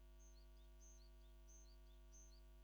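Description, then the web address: Japanese tit song: a faint, high, short three-note phrase falling in pitch, repeated four times at an even pace over a steady low hum. "Parus minor song"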